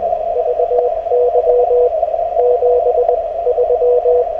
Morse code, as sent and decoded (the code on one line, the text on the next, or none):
...- -.-- / --... ...--
VY 73